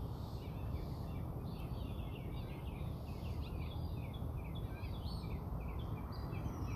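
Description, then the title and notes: Bird chorus of many quick overlapping chirps and twitters running without a break, with a steady low rumble beneath. Birds singing outside the recordist's house. "More bird songs outside my house"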